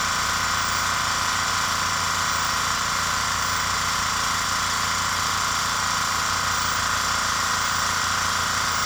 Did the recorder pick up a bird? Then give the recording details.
no. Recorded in secondary vegetation near Puerto Asís, Putumayo, Colombia, on 24 March 2025 at 05:30. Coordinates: 0.468, -76.324. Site G059